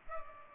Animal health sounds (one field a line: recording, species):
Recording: mosquito wingbeat signal from an infrared sensor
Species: Culex pipiens